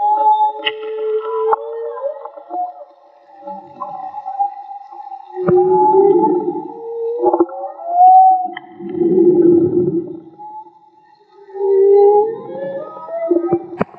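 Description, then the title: Whale song of repeated moans and upward-sliding whoops, interspersed with rough pulsed groans and a few sharp clicks. Field recording made with homemade DIY hydrophones; audio was cleaned afterwards. "CANTO DE BALLENAS MAGMA"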